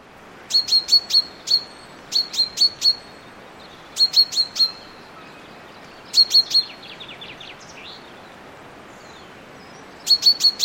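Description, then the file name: Common chaffinch calls: short clusters of three to five sharp, high ticking notes, the clusters repeated every two seconds or so with a longer pause before the last, and a faint trill after one of them. "Fringilla coelebs"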